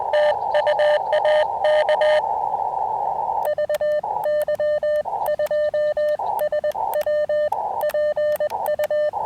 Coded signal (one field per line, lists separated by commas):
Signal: Morse code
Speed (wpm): 18 wpm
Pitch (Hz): 600 Hz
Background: radio noise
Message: TU AK VY2SW PU